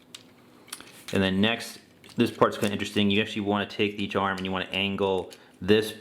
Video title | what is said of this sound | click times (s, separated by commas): Takara Masterpiece MP-26 Road Rage | so that they they snap into place | 0.1 s, 0.7 s